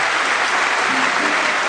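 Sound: audience applause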